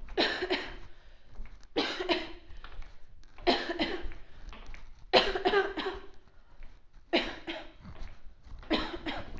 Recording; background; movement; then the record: voluntary coughing; quiet; walking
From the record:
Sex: female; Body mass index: 18.3 kg/m2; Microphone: on the chest, facing outward